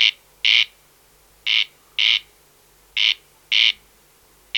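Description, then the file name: Corn crake rasping song, paired harsh crex-crex notes repeated at an even pace about every one and a half seconds, with little else audible. "Wachtelkönig Crex crex - Gesang (Bergmann)"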